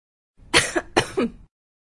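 Two short, harsh coughs from an adult woman follow one another about half a second apart, each a sharp explosive burst that trails off into a rougher, throaty tail. A plain cough with no wheeze or whoop, heard in a quiet room.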